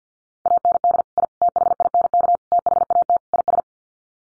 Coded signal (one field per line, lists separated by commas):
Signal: Morse code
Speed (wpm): 50 wpm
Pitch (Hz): 700 Hz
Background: none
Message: AND I THINK THAT IS